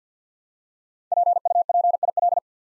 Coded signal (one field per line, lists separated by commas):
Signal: Morse code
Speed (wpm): 49 wpm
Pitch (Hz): 700 Hz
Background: none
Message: PUPIL